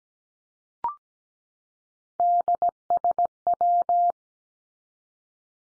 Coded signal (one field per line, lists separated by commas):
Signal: Morse code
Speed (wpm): 17 wpm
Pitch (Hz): 700 Hz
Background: none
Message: DSW